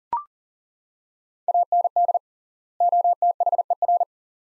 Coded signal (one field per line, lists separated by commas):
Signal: Morse code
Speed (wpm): 37 wpm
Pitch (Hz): 700 Hz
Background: none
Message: AND OTHER